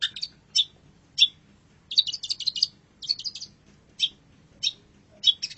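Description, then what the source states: Long-tailed shrike song of repeated harsh, buzzy chattering bursts and clipped high notes in irregular groups, with a soft low rumble in the background. Indonesian masteran (tutor) song of the long-tailed shrike.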